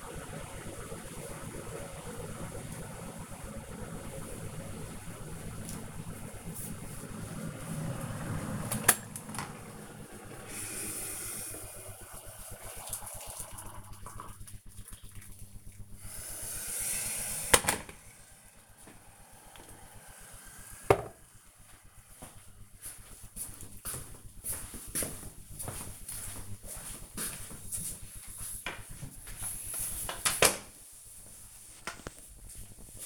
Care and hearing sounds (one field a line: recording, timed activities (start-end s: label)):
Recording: household activities, microphone on the right wrist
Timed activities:
0.00-17.80 s: making tea
27.87-33.06 s: floor cleaning